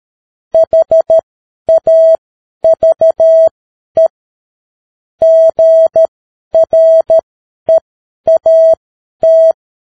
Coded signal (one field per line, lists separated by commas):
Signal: Morse code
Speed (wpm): 13 wpm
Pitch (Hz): 650 Hz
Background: none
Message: HAVE GREAT